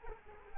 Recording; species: mosquito wingbeat signal from an infrared sensor; Culex quinquefasciatus